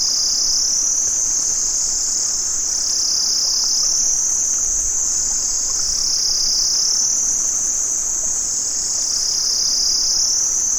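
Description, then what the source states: Cicadas droning in a shrill, continuous high-pitched chorus that swells and fades in slow waves every few seconds, with no other clear sounds. Cicadas recorded in Vietnam.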